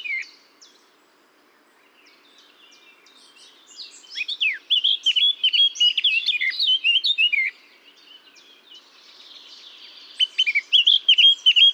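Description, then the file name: Eurasian blackcap song: a quiet start, then a rich, fast warble of varied high notes, a pause, and a second warbled burst at the end. "Sylvia atricapilla"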